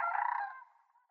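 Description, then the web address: Sandhill crane call: a brief, harsh, rolling trumpet-like rattle that fades out within about half a second. "Schulze Peter Sandhill Crane"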